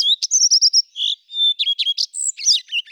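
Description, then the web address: Common redstart singing a high song that opens with a clear note and a quick run of repeated short notes, then breaks into a varied, scratchy jumble of twittering phrases. "Phoenicurus phoenicurus"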